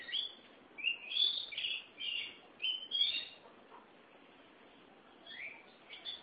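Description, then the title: Oriental magpie-robin delivering a fast string of bright whistled notes and rich warbles, then a pause before a few softer whistles at the end. Chirping song (kicauan) of the bird. "Suara Kicauan Burung Kacer Durasi Panjang"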